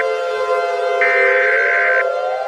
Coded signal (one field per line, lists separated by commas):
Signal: Emergency Alert System (SAME) tones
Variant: header bursts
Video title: (EAS Scenario) The East Coast Tsunami Disaster